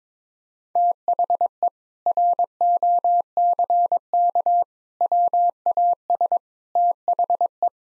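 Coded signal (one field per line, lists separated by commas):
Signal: Morse code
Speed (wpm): 22 wpm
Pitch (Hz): 700 Hz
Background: none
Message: THE ROCK WAS THE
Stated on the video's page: Morse practice at 22 wpm of sentences with common four-word phrases for head-copy, each sent, spoken, then sent again.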